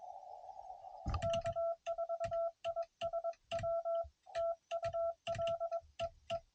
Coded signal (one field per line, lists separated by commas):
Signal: Morse code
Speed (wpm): 22 wpm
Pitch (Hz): 1340 Hz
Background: none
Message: K4ISW TU LEE